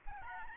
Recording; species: mosquito wingbeat signal from an infrared sensor; Aedes albopictus